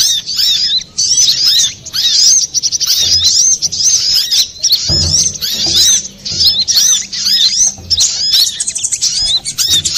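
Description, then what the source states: Little spiderhunter singing a dense stream of high, thin, quickly repeated chirps with short gaps, plus a few low knocks. Master recording used for training cage birds.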